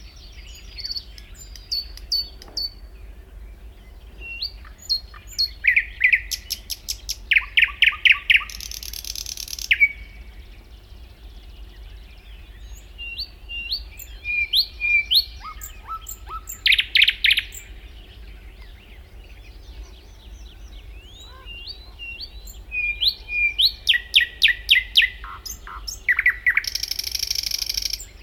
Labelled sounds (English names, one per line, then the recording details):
Thrush Nightingale song
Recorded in the wild
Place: Schaabe, Insel Rügen, Mecklenburg-Vorpommern, DE
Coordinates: 54.57, 13.45
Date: 1969-05-22
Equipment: NAGRA III BH, Sennheiser MD21
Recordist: Schubert, Michael
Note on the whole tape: Nähe Forsthaus Gelm: Gesang Sprosser, nur mit MD 121 (z. T. übersteuert !)